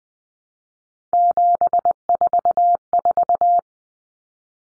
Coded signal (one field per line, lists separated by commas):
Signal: Morse code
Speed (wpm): 20 wpm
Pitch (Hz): 700 Hz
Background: none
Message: 744